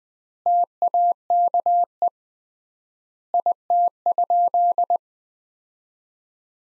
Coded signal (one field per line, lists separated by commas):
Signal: Morse code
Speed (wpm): 20 wpm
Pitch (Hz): 700 Hz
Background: none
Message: TAKE IT?